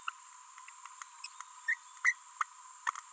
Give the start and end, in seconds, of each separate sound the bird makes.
0.07-0.10, 1.24-1.26, 1.68-1.74, 2.05-2.13, 2.41-2.43, 2.87-2.90